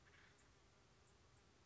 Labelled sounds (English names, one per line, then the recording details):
Acorn Woodpecker
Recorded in Sonoma County, California